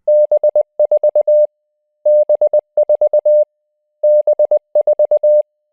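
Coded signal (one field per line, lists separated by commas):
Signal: Morse code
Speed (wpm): 20 wpm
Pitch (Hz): 600 Hz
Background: none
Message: B4 B4 B4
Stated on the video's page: Word-based Morse lesson: words sent at 20 wpm, ramped up to 30 wpm, then back to 20 wpm.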